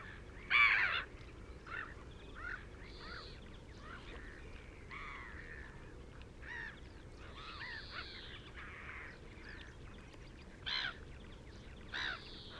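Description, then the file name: Black-headed gull calls: scattered harsh, scratchy cries, a loud one near the start and more spaced out throughout, over a steady low rumble. Adults calling while socialising. "Black Headed Gull Calls Of Socialising Adults"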